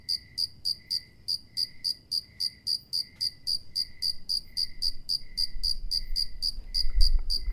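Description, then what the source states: Cricket chirping in short, high, regular pulses about four per second, with other crickets faintly behind and a low rumble rising near the end. A lone cricket with other crickets in the background.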